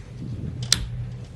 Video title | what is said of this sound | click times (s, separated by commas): 2017 Tacoma-Installing LED headlights and Fog lights / Walk around!! | plug that in until you hear a click | 0.7 s